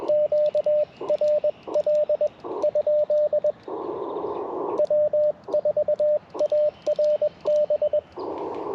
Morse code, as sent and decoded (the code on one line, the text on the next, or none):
--.- .-. .-.. / ..--.. / .-- ....- .- .-. -...
QRL ? W4ARB